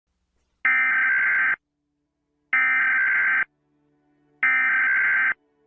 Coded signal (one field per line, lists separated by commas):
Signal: Emergency Alert System (SAME) tones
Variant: header bursts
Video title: costa rica EAS alarm 1973